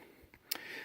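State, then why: Seated. An interchangeable swap-out piece is fitted onto the body of a Prime 1 Studio Batman Arkham Knight exclusive collectible resin statue, where magnets hold it. A faint sharp click at 0.3 s is followed by a louder snap at 0.5 s as the piece seats into place.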